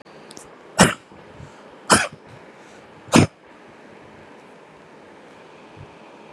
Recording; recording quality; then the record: shallow voluntary cough; moderate, slight background noise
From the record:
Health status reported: healthy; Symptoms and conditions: none ticked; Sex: male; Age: 59 years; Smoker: not ticked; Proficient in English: yes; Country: India